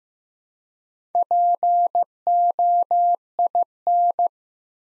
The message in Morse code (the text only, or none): POIN